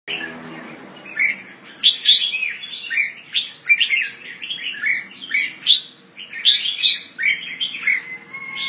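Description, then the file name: Red-whiskered bulbul giving lively, liquid chirps in quick bursts of short warbled phrases, with a faint low hum underneath. "Pycnonotus jocosus"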